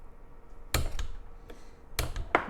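A torque wrench set to 25 ft-lbs tightens the wet clutch retaining nut on a kart engine crankshaft, with sharp metallic ticks and taps at about 0.7, 1.0 and 2.0 seconds. The loudest, sharpest click comes at 2.4 seconds as the wrench breaks over, confirming the nut has reached its 25 ft-lb torque.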